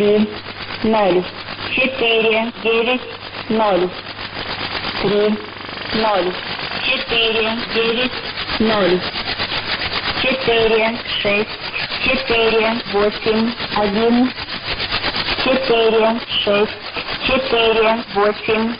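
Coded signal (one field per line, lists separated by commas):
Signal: numbers station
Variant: S06s Russian Lady, Russian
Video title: 02 10 2017 Numbers station S06s Russian Lady in Russian to Eu 1200 on 9145 unknown tx site in CUSB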